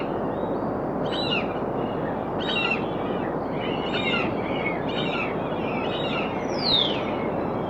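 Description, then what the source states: Birds calling in a repeated series of rough, chattering notes, ending with a long falling whistle, under continuous rushing noise. Birds calling on a rocky shoreline.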